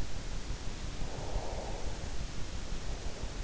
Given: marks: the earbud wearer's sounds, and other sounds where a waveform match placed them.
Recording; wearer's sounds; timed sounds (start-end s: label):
sounds in sleep by an in-ear microphone; breath
0.94-3.39 s: breath